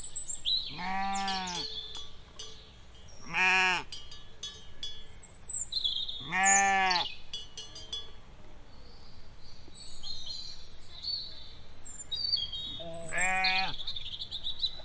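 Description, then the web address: Sheep bleating four times, each about a second long, with chirping birds in the background. "nature owce"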